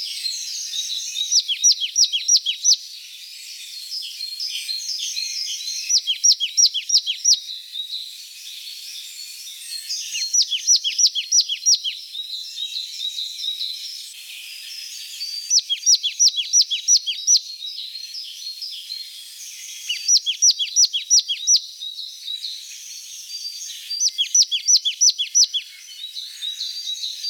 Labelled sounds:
Marsh Tit song
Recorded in the wild
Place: Oberrotweil am Kaiserstuhl, Baden-Württemberg, DE
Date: 1982-04-12
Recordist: Schwarz, Dieter

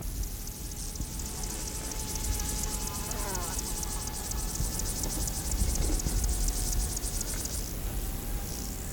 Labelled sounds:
Upland Field Grasshopper stridulation
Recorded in the wild
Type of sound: stridulation
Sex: male
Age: imago
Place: Botanische Anlage Blankenfelde, Berlin, DE
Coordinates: 52.603, 13.4
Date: 1993-07-22 14:47
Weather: wechselnd wolkig u. sonnig, 18-20°C
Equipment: Marantz CP 430, Sennheiser ME 80, Kopie Uher Variocord 263
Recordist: Tembrock, Günter
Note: Strophen, erst Sonne dann Wolken (Längere Strecke), Hintergrund Corvus corax-Flugrufe

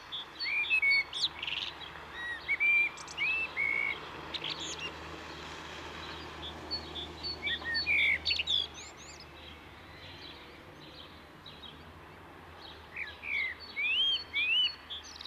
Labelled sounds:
Common Blackbird song
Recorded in the wild
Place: Garmisch-Partenkirchen, Bayern, DE
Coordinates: 47.4922, 11.0728
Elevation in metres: 709
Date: 1973-04-25
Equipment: Nagra IV, Sennheiser MKH 405, Parabolreflektor
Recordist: Tretzel, Erwin

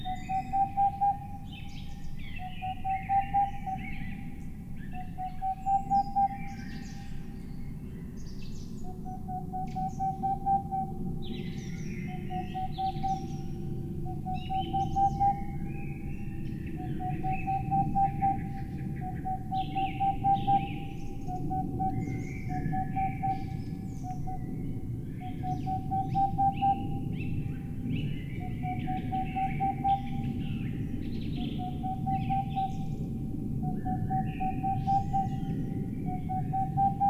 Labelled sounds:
Boreal Owl
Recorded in the wild
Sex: male
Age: adult
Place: Altsorgefeld, NSG Rochauer Heide, Brandenburg, DE
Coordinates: 51.8147, 13.52
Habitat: wood
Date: 2007-03-13 18:25
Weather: fair, 15°C, no wind
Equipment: Sound Devices 702, Sennheiser MKH 70, Windkorb
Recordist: Frommolt, Karl-Heinz

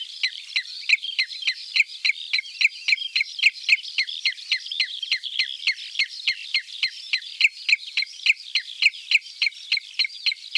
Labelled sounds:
Common Redshank song
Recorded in the wild
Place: Cuxhaven, Schleswig-Holstein, DE
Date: 1978-07-05
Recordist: Schwarz, Dieter

